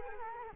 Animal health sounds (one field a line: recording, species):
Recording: mosquito wingbeat signal from an infrared sensor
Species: Culex quinquefasciatus